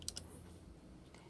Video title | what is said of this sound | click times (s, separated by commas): Threading -Judy 3 | hold the bobin still and listen for a click | 0.1 s